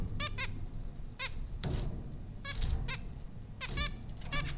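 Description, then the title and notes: Zebra finch nasal beeps in quick pairs and clusters over heavy hiss and low rumbling noise. Zebra finches recorded at Popcorn School, Flatbush, Brooklyn, New York, in April 2009. "Dronecast: The Popcorn Finches Four from Apr 15, 2009. Zebra finches recorded by Dan Bodah at Popcorn School, Flatbush, Brooklyn NY in April 2009"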